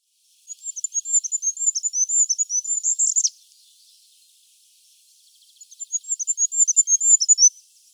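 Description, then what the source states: Goldcrest giving two very high, rapid see-sawing song phrases about two seconds apart, the first ending in a short descending twirl. Very high-pitched song and calls that many people cannot hear or hear only up close; used as a hearing test on bird-song walks.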